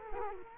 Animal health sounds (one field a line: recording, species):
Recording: mosquito wingbeat signal from an infrared sensor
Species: Culex quinquefasciatus